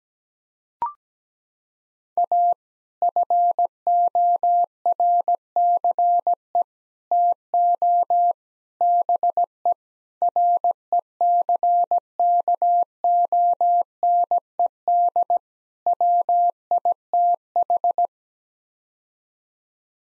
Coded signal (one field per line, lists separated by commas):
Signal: Morse code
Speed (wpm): 17 wpm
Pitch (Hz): 700 Hz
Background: none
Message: A FORCE TO BE RECKONED WITH